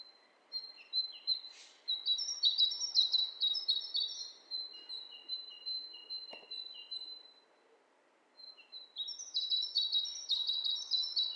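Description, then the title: Birds chirping in fast, high twittering runs with some lower notes, a quiet gap, then another burst of rapid chirps over soft hiss. Two birds interacting; lo-fi. "bird dialogs"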